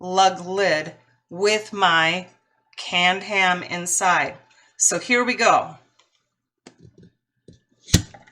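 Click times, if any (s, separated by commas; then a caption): 7.9 s. Someone talks, then goes quiet while twisting a metal lug lid on a glass canning jar of home-canned ham, using a rubber grip disc for a better hold. A few faint small sounds come before a sharp pop at 7.9 s as the vacuum seal breaks and the lid comes loose.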